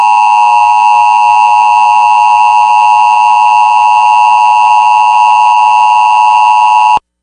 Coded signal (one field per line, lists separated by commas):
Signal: Emergency Alert System (SAME) tones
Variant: 853 and 960 Hz attention tone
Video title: EAS Severe Thunderstorm Warning Grand Marias Boundry Waters/Lake Superior NOAA Weather Radio KXI43